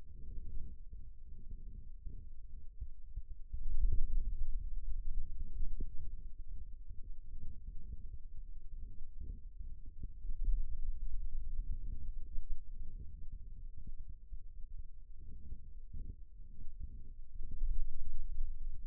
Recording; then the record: forearm muscle sounds (acoustic myography)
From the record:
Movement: pen grasping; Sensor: system 2, bracelet of six BSWA MPA416 microphones around the upper forearm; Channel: 1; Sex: male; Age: 22 years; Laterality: right